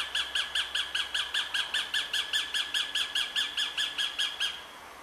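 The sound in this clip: Northern goshawk calling, a fast series of harsh, nasal kek notes, steady for over four seconds, then stopping abruptly.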